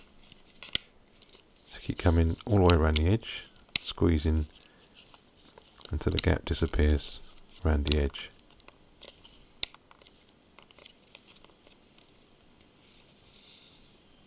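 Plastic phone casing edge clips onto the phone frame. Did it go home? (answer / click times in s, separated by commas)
yes / 9.6 s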